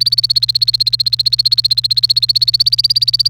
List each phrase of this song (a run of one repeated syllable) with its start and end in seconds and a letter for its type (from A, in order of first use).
0.00-3.29 A